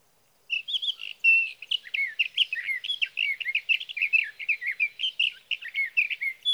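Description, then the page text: Sage thrasher song, a long unbroken run of rapid warbled phrases, mixing rising and falling slurred notes with quick repeated chips, starting after a brief silence. Male at his night roost in Sierra Valley, California, singing through the night from the evening of June 12 to the morning of June 15, 2018; night songs, recorded with a Swift recorder. "Birdsong for the Curious Naturalist: Explore #7. 61. Sage thrasher songs, through the night"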